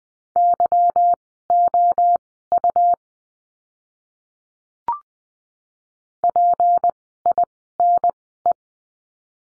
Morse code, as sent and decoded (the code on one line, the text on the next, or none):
-.-- --- ..- / .--. .. -. .
YOU PINE